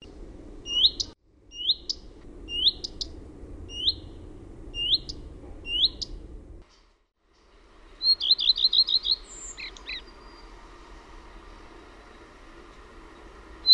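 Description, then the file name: Common redstart giving several rising whistled call notes about a second apart, then after a pause a quick phrase of repeated chirps with a short trailing twitter. "LEPPALINTU"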